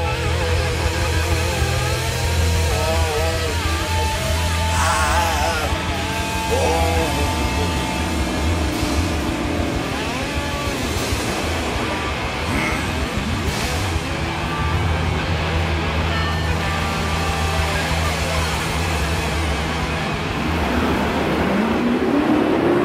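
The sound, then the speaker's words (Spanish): A truck engine rumbles steadily for the whole stretch, a loud continuous drone with layered mechanical hum, rising in pitch as it revs near the end. “Maneja un camión.”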